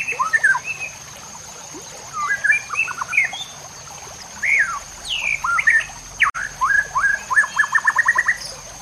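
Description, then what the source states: White-rumped shama song of rich slurred whistles and chattering notes, ending in a fast ladder of repeated notes, with a constant high-pitched whine behind. Murai batu labaik song used to train caged birds.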